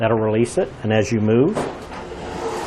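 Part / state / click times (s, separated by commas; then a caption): fifth wheel hitch slider locking into towing position on its base / not seated / none. Someone talks while the steel slider of a B&W Companion dual-jaw gooseneck-to-fifth-wheel hitch adapter (20,000 pound capacity) is unlocked and slid back toward the towing position on its base, with a low rumbling, scraping noise toward the end. The slider has not yet locked into the towing position and nothing has seated or clicked.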